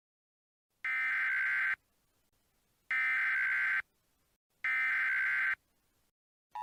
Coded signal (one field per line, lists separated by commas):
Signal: Emergency Alert System (SAME) tones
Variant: header bursts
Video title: EAS Mock Scenario - White Christmas Mayhem